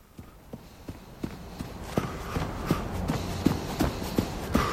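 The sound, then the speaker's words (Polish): Quick, steady footfalls of someone running, a regular thudding rhythm of about three steps per second that grows gradually louder over a faint background hiss. “Bieganko, bieganko, oczywiście to zdrowie, ale jak mawiała Maria Czubaszek, przez sport do kalectwa.”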